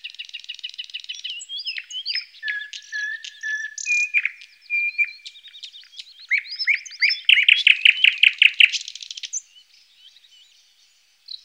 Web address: Ptaki Glosy Slowik